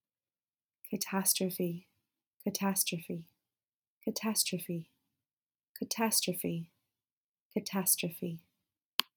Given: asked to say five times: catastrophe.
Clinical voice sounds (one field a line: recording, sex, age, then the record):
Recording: repeated word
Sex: female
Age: 30 to 39 years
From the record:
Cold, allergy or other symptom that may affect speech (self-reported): no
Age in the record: 34 years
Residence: California, United States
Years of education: 16